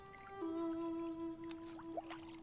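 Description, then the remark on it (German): A boat rocks dangerously on the water as a judge grabs the rudder and tries to stand, a long steady creaking groan of wood holding for about two seconds, with a few brief splashes and knocks toward the end. “Das Boot begann gefährlich zu schaukeln.”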